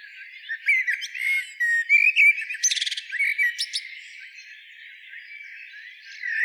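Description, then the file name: Common blackbird singing soft, warbled phrases with a brief buzzy burst and a few high thin notes, the phrases uneven and rambling over several seconds. "Turdus merula"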